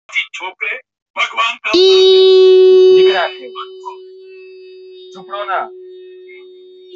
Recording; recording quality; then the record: sustained vowel as in beet; moderate, slight background noise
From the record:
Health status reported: healthy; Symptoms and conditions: none ticked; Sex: female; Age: 22 years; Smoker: not ticked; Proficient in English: yes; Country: India